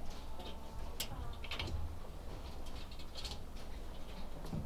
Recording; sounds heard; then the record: poultry house recording; sick chickens (respiratory disease)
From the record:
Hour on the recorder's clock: 20